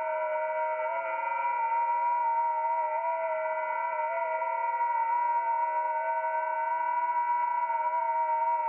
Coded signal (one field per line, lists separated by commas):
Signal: FT8